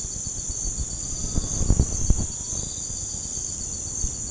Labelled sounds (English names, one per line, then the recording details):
none
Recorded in pastures near Puerto Asís, Putumayo, Colombia, on 21 March 2025 at 04:00
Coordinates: 0.505, -76.324
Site GP08